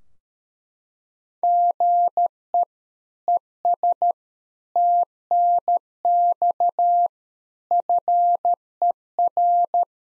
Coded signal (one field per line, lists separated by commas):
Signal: Morse code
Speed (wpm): 13 wpm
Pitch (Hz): 700 Hz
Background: none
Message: GE ES TNX FER